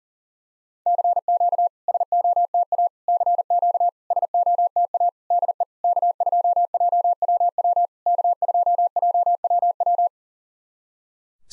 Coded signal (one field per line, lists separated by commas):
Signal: Morse code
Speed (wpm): 40 wpm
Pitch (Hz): 700 Hz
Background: none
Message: CQ SOTA CQ SOTA DE K2JWW K2JWW